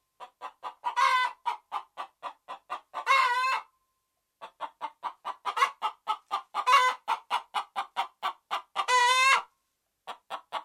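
Red junglefowl clucking steadily, a fast, even run of notes, with a few drawn-out squawks breaking in.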